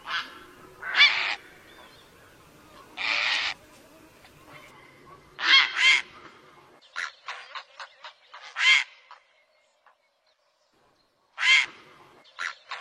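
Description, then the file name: Great blue heron uttering raspy squawks, some paired, separated by bursts of short rattling clicks, with a brief silence near the end before two more harsh calls. "Canto do garca azul grande"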